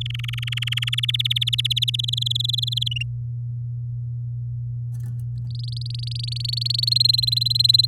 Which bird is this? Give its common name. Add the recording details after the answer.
Domestic Canary. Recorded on 6 May 2018 at 18:08. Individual llb16